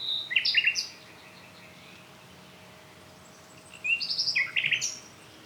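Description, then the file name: Common nightingale song phrases: a burst of varied whistles and rattling notes around the first second, silence, then another rich phrase near four seconds; faint steady background hum. "Luscinia megarhynchos"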